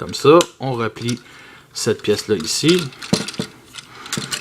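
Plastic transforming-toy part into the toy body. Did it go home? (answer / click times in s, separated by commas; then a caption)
yes / 4.1 s. A plastic part of a plastic transforming toy robot is folded into the toy body while someone talks. It clips into place with a sharp click at 4.1 seconds, and the part is seated.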